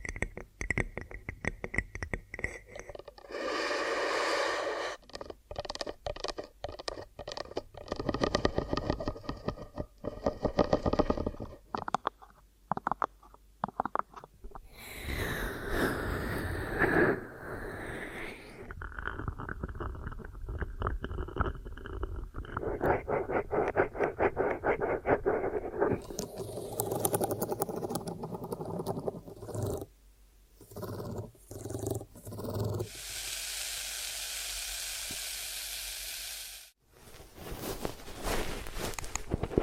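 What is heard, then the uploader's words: ASMR ear triggers made of crinkling, tapping and rustling that change abruptly every few seconds. Dense clusters of rapid clicks alternate with smoother hissy brushing passages, including a steady airy stretch near the end after a brief pause around 36 seconds. ASMR Hypnotic Ear Triggers for Instant Sleep (No Talking).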